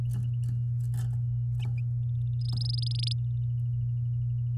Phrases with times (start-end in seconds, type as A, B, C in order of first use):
2.41-3.13 A